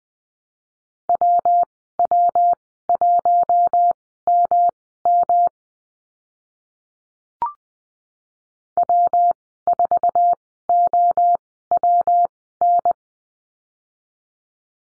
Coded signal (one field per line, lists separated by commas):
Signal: Morse code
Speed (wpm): 20 wpm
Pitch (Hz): 700 Hz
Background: none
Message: WW1MM W4OWN